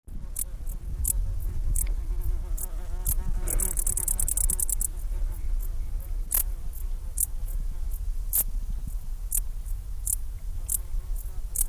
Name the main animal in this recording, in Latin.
Pholidoptera griseoaptera